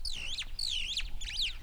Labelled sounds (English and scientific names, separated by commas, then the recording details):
Superb Starling (Lamprotornis superbus) flight call
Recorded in Kenya